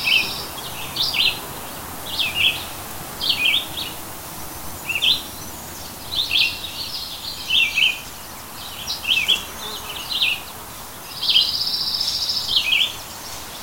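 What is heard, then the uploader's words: Birds chirp in short bright bursts every second or so, with one longer sustained trill near the end. Beneath them a soft, steady outdoor hiss holds throughout, with a faint low rumble. Verona Riverside Retreat. Past the grassy field and nestled among the trees overlooking the Penobscot River. Birds are chirping and insects buzzing in the light morning breeze before the summer sun sets in. July.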